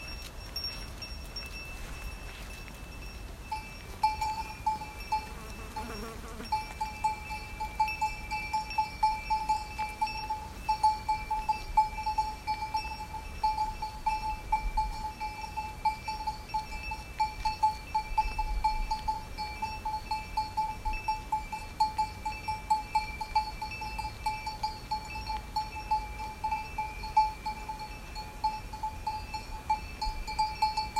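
A herd of cattle walks past in the afternoon on its way home after grazing. A cowbell clanks steadily and rhythmically from about four seconds on, its bright ringing tone repeating throughout, over a low rustle of hooves and movement.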